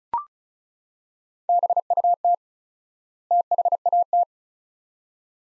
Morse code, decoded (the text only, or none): BUT THAT